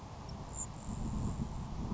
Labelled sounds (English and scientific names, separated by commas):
Grasshopper Sparrow (Ammodramus savannarum)